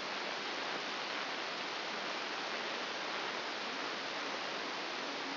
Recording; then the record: brain microelectrode recording played as sound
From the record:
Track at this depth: outside the subthalamic nucleus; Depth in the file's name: 5.701 mm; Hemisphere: left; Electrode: 2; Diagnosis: Parkinson's disease